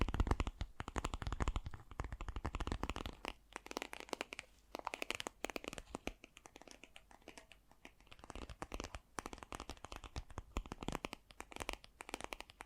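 Fast, gentle tapping runs through the whole clip, a dense patter of light, crisp clicks with soft crinkly, card-like textures. The first three seconds are busiest and fullest; after that the taps thin slightly into quicker bursts with short pauses, staying light and bright.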